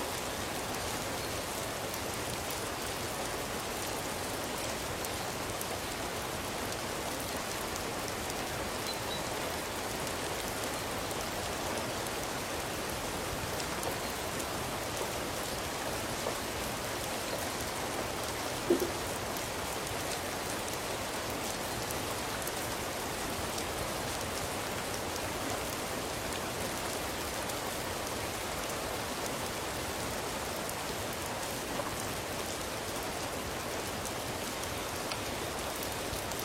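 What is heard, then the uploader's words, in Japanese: Rain falls steadily and evenly, a dense hiss of drops spread across low and high pitches without letting up. Near the middle, around nineteen seconds, a single louder tap or drip stands out briefly before the rain settles back to its constant wash. 雨の降る音。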